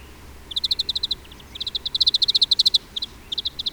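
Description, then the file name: European greenfinch trilling call: fast runs of dry, evenly spaced notes in several bursts, steady and metallic. "Chloris chloris"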